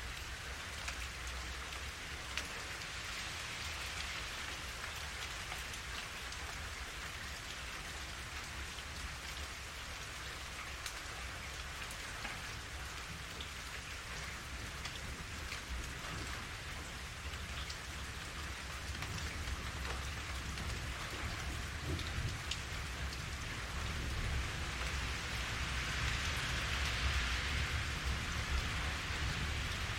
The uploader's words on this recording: Quiet City Rain. Tonights soundtrack is the sound of the steady patter of rain on a city street mixed with the soft, distant hum of urban life.